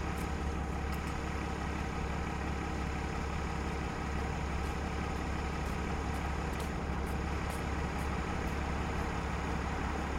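An airport shuttle's motor idles at a bus stop, a steady deep rumble with a low throb that holds evenly for the full ten seconds. Faint brief clicks and rustles come and go above it, especially in the second half, with general street noise underneath.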